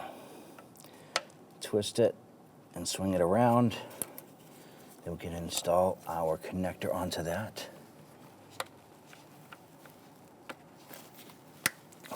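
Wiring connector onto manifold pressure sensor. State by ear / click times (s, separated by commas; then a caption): seated / 11.7 s. Someone talks while a plastic electrical connector is pushed onto the intake manifold pressure sensor, which has just been installed on a 2011-2021 Jeep Grand Cherokee 3.6L V6. Light handling taps are heard after the talking, and a sharp click at 11.7 s marks the connector seating fully into place.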